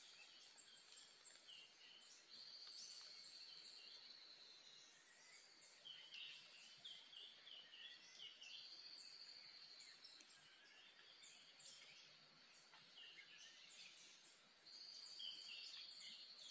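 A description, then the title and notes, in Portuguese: Atlantic Forest tropical woodland soundscape with a steady, dense hiss of insects and ambient noise throughout. Birds call repeatedly above it, including a long high whistled note recurring roughly every four to six seconds, with scattered short chirps and trills between. Mata Atlântica-Floresta Tropical-Atlantic Forest-Tropical Forest. FLORESTAS TROPICAIS DE ALTURA (NUBLADAS).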